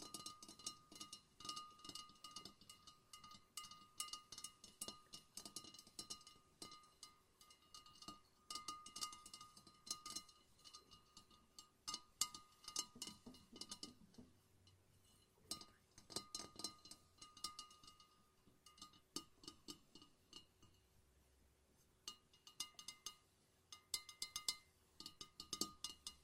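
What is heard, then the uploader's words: A lava lamp is tapped over and over, giving bright glassy clinks and ticks, sometimes in quick clusters and sometimes sparse. The taps sound a little ringing, with a steady faint tone beneath them and brief quieter gaps around 14 and 20 seconds. ASMR No Talking Lava Lamp Tapping.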